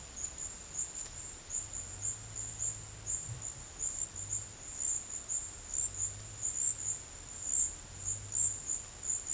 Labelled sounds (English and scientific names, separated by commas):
none